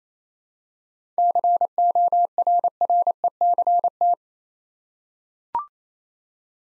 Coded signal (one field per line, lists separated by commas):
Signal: Morse code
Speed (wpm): 27 wpm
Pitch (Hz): 700 Hz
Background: none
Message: CORRECT